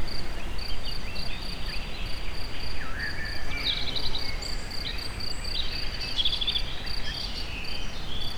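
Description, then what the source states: Insects give a continuous beaded high-pitched chirping, joined by scattered bird twitters and squeaks against a low background rumble. Insect sounds recorded in nature at very close range at the Eger tourist house (Egerturistaház).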